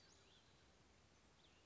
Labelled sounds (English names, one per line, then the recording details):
Western Flycatcher
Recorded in Sonoma County, California